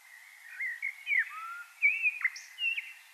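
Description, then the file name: Common blackbird singing mellow, slurred whistles. Some notes swoop down and others bend upward in a loose, unhurried phrase. "Turdus merula"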